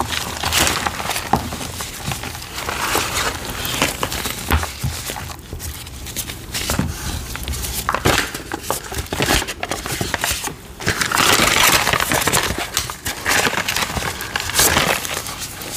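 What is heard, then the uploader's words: Powdery cornstarch and chalk being handled, with dense crinkly crunching and squeaky rustles throughout. Sharp crackling bursts come every second or so, and a steady fizzing hiss swells around the eleventh to thirteenth second. A low hum runs underneath. Making Citric Acid Dyed Chalk & Cornstarch Crunchies. Pouring, powder play, cornstarch squeaks, citric acid sizzles, and more enticing asmr sounds.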